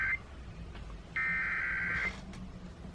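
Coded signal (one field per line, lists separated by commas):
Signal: Emergency Alert System (SAME) tones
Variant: header bursts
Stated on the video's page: Required Monthly Test relayed over FM stations in Ventura.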